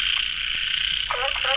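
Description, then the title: Frogs trilling in a steady chorus, joined near the end by two lower, warbling croaks in quick succession. Frogs calling at a pond late at night; recorded in the field by the recordist. "深夜水塘蛙声伴你入眠 ［声谷］"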